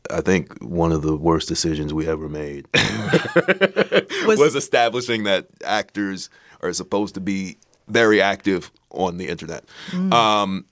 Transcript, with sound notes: I think one of the worst decisions we ever made (laughter) was establishing that actors are supposed to be very active on the internet.